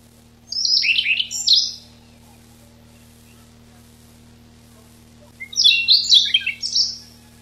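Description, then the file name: Siberian rubythroat song: two phrases of fast, scratchy, jumbled high warbling separated by a pause of over three seconds, with a faint steady hum beneath. Recorded 6 July 1991. "Ccalliopa 6 07 91"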